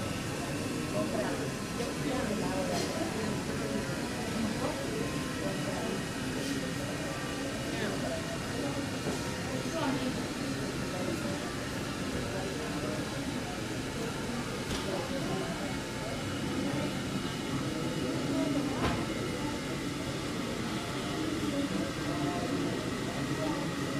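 Airport terminal ambience: a steady, dense murmur of many voices and low rumble, with faint clicks and clatters scattered throughout.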